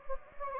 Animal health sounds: mosquito wingbeat signal from an infrared sensor; Anopheles gambiae

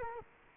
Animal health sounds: mosquito wingbeat signal from an infrared sensor; Culex quinquefasciatus

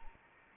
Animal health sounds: mosquito wingbeat signal from an infrared sensor; Anopheles arabiensis

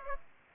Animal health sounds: mosquito wingbeat signal from an infrared sensor; Aedes aegypti

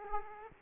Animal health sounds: mosquito wingbeat signal from an infrared sensor; Aedes aegypti

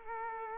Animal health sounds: mosquito wingbeat signal from an infrared sensor; Culex quinquefasciatus

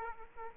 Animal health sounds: mosquito wingbeat signal from an infrared sensor; Aedes aegypti

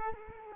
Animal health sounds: mosquito wingbeat signal from an infrared sensor; Culex quinquefasciatus

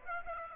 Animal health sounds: mosquito wingbeat signal from an infrared sensor; Aedes aegypti

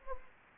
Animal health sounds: mosquito wingbeat signal from an infrared sensor; Anopheles gambiae

